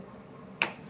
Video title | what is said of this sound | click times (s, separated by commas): Tutorial - Montando PC Gamer Entusiasta, dicas, cuidados, tudo na prática | aqui ficou bem encaixado né tá bem fixo | 0.6 s